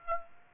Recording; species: mosquito wingbeat signal from an infrared sensor; Aedes aegypti